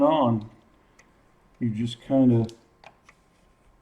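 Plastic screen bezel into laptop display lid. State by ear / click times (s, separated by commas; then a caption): not seated / none. The plastic screen bezel of a Dell Inspiron 17 5767 laptop is handled against the display lid housing while someone talks. Faint short ticks come at about 1.0, 2.9 and 3.1 seconds. The bezel has not snapped or seated into place yet.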